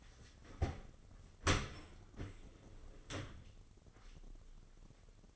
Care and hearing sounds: daily activity, microphone in the room; open dishwasher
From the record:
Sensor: 4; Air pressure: 996.5 hPa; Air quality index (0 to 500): 87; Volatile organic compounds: 4 ppm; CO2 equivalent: 1686 ppm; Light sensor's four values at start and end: 19/53/20/22 and 18/50/19/21

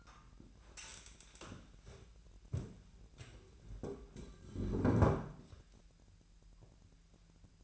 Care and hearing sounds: daily activity, microphone in the room; stand up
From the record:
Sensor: 2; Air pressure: 1001.8 hPa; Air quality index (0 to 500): 240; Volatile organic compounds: 74 ppm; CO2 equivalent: 3556 ppm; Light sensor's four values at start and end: 9/21/9/9 and 8/20/8/9

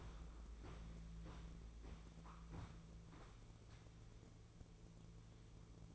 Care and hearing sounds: daily activity, microphone in the room; walk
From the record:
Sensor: 1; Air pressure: 1005.5 hPa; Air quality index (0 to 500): 125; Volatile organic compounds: 5 ppm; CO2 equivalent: 1756 ppm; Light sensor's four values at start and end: 11/27/11/12 and 11/27/11/12

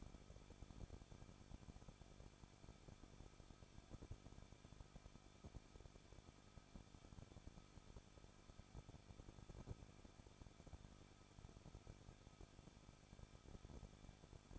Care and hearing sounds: daily activity, microphone in the room; no activity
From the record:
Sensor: 5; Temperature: 20.9 degrees Celsius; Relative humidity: 38.1%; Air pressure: 1006.5 hPa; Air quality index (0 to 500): 187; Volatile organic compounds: 18 ppm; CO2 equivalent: 2619 ppm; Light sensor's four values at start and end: 2/3/1/1 and 2/3/1/1

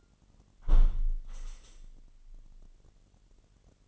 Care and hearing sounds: daily activity, microphone in the room; close window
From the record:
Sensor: 4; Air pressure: 998.7 hPa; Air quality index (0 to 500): 114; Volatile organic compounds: 2 ppm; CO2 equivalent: 1121 ppm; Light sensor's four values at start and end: 10/23/9/10 and 10/23/9/10

